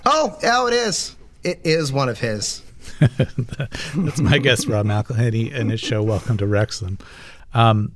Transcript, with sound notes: oh, it is. It is one of his.
(Laughter) That's my guest, Rob McElhenney, and his show, "Welcome To Wrexham."